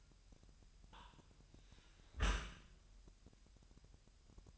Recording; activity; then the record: daily activity, microphone in the room; close dishwasher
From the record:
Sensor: 2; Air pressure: 998.1 hPa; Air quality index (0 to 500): 147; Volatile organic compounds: 4 ppm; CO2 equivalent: 1667 ppm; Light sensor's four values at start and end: 10/29/11/11 and 10/29/11/11